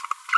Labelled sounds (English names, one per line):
Green-rumped Parrotlet babbling